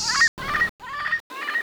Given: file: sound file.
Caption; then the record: Example of original Southern dialect vocalization of the translocated juvenile in the 1st phase prior to altering vocalization.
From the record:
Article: Evidence for Vocal Learning and Limited Dispersal as Dual Mechanisms for Dialect Maintenance in a Parrot